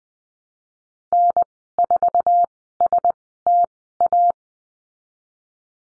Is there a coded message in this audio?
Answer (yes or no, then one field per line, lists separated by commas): yes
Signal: Morse code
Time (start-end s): 1.1-4.3 s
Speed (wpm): 20 wpm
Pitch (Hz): 700 Hz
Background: none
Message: N4STA